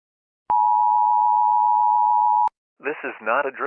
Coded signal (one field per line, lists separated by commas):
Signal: Emergency Alert System (SAME) tones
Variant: 853 and 960 Hz attention tone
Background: speech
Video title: Your phone is not safe EAS scenario #easscenario #eas ￼￼